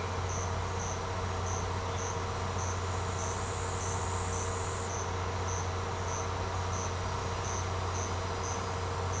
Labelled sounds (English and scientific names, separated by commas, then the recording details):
none
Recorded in secondary vegetation near Puerto Asís, Putumayo, Colombia, on 21 March 2025 at 17:00
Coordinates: 0.468, -76.324
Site G059